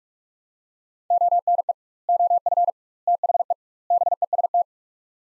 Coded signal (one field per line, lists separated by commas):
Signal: Morse code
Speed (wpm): 46 wpm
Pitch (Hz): 700 Hz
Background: none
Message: ONE OF THE BEST